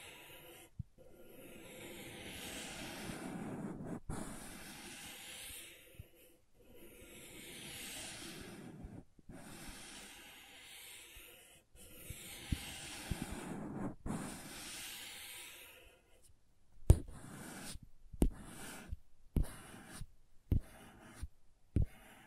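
Crayons scrape in long rasping strokes every couple of seconds, then switch after sixteen seconds to sharp, irregular taps and short scratches.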